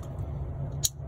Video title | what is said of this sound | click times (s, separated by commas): HOW TO REPLACE THE KEY SWITCH ON ANY ATV OR SXS | let it have that audible snap so you know it's good to go | 0.9 s